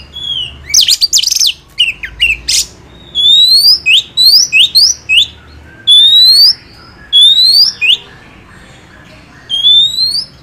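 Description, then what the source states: Oriental magpie-robin song opening with harsh chattering notes, then a series of clear upslurred whistles, over a soft low hum. Master training recording for songbirds of a first-place champion kacer.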